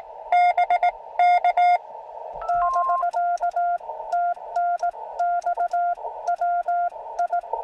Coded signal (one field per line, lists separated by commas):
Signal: Morse code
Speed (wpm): 18 wpm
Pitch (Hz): 700 Hz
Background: none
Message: BK <BK> TNX WI